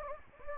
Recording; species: mosquito wingbeat signal from an infrared sensor; Anopheles gambiae